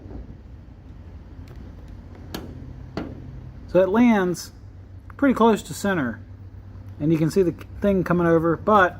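A hood is pushed down onto a newly fitted low-profile hood latch on a custom bracket, with short sharp knocks at about 2.4 s and 3.0 s over a steady low hum. The hood striker lands near the centre but sits too high, so the latch does not catch and nothing clicks; it needs spacing up. Someone then talks.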